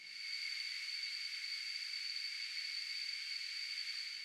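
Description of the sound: Steady high-pitched hiss with two shrill ringing tones near 2 and 4.5 kHz, a simulation of tinnitus heard as a cricket-like noise.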